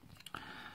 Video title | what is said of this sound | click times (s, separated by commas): Tank Crossing Mod By Cigreen - Review | sort of slides up there it's got the channels so you slide that up locks in place | 0.3 s